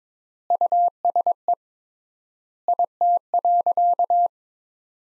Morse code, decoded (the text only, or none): USE IT.